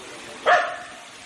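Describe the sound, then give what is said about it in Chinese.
A steady, hissing babble of a countryside brook in Vienna, near Beethoven's former home, beside houses and a country lane, runs throughout, broken once by a single short, mid-pitched dog bark that stands out clearly before fading back into the flowing water. “从他的旧居出来之后，我们在附近走一走，就看到一条小溪，就跟着这条小溪往前，我拿着我的录音机开始录音，可以从这段录音里面听到小溪的声音，然后旁边有人家，有乡村小径，有小鸟、小孩，还有小狗。”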